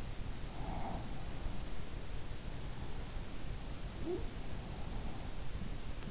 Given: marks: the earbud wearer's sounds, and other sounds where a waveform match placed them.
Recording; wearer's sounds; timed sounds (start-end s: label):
sounds in sleep by an in-ear microphone; breath
0.52-1.77 s: breath